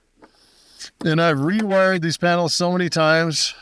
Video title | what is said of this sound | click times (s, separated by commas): 3 Days Without Power: My Preparedness Systems Failed (And How I Fixed Them) | That just snaps right in. It's pretty nice. | 0.2 s